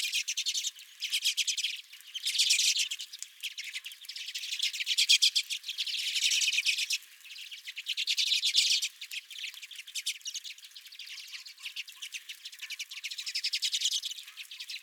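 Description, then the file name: Redpolls calling in waves, pulsing bouts of quick, dry chattering notes every couple of seconds with softer twitters between. Redpolls at the recordist's feeder. "Redpolls at My Feeder"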